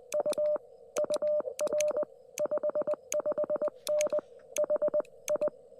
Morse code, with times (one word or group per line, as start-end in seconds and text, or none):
0.1-0.6 U
1.0-2.0 UR
2.4-4.2 55N
4.6-5.5 HI